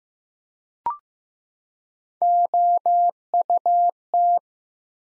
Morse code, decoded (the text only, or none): OUT